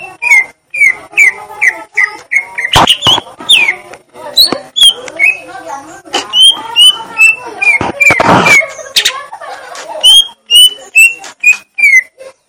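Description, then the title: Leafbird song of repeated clear whistles interleaved with loud clicks and harsh noisy bursts, some whistles falling in pitch. Song of the gledek (thunder) style. "Cucak Ijo Suara Gledek"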